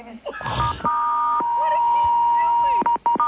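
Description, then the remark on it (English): Phone keypad tones from accidental presses by someone sitting on his phone: a long, steady electronic tone holds for about two seconds after a brief noisy burst, then breaks into a few quick, choppy beeps at the end. “He's sitting on his phone or something, and he doesn't realize it.”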